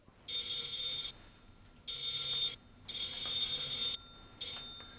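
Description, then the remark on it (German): A bright electric doorbell at Braunsteichweg 4, an electrician's home, rings in a signal pattern: three long, steady rings separated by short pauses, then one brief ring. The tone is high and buzzy, with no talking. “Sie müssen 3-mal lang und 1-mal kurz klingeln.”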